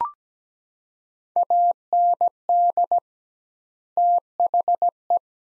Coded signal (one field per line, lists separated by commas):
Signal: Morse code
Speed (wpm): 17 wpm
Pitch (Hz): 700 Hz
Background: none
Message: AND THE